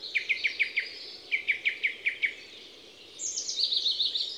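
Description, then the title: Song thrush song: a sharp note repeated five times, a brief pause, the same note six more times, then a fast high trilled phrase. Song thrush in Les Avenières Veyrins-Thuellin, France; recorded with a stereo parabolic microphone (EM172 capsule) and a Zoom H4n Pro recorder. "Envirhôna, Les Avenières Veyrins-Thuellin, France - Grive musicienne"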